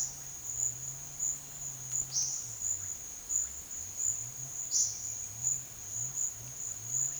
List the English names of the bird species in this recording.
Russet-backed Oropendola, Olive-faced Flatbill